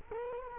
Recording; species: mosquito wingbeat signal from an infrared sensor; Culex quinquefasciatus